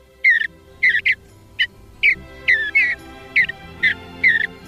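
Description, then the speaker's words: Mountain bluebird singing short slurred notes in a loose series over a low background hum. Male singing; only the female builds the nest, while the male sometimes pretends to help and conserves his energy for singing. "Of course, the male mountain bluebird must conserve his energy for singing, like this."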